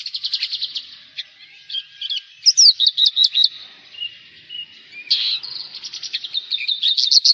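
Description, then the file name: Javan bush lark song, fast buzzy trills and clipped high notes strung together, with a brief lull midway before the chatter resumes. "suara burung branjangan jawa"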